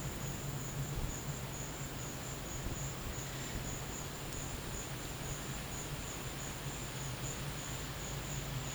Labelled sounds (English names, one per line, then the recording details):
none
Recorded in dense forest near Puerto Asís, Putumayo, Colombia, on 22 December 2024 at 13:30
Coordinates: 0.484, -76.317
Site G026